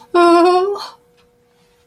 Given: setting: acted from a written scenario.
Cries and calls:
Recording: vocal sound without words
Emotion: fear

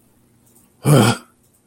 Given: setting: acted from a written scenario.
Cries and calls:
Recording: vocal sound without words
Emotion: contempt

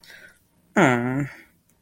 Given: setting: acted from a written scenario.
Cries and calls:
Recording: vocal sound without words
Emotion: guilt

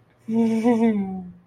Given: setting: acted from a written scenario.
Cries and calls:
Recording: vocal sound without words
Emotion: romantic love

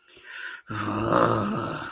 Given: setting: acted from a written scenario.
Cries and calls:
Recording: vocal sound without words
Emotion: disappointment

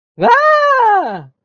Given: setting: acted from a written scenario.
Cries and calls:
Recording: vocal sound without words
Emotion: positive surprise

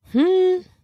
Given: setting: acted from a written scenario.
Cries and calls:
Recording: vocal sound without words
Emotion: confusion

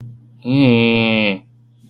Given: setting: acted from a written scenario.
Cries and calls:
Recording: vocal sound without words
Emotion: shame

